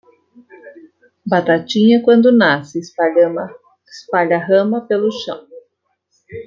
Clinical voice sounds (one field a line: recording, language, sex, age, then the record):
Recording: short text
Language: Brazilian Portuguese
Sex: female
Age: 50 to 59 years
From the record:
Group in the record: control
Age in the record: 55 years